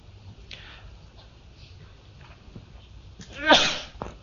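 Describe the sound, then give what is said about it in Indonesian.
A single sharp, forceful sneeze bursts out during an Islamic lecture, after a few seconds of quiet, low background noise, ending with a brief breathy trailing sound. “Alhamdulillah. Ya, dikumul wa'islih barakum.”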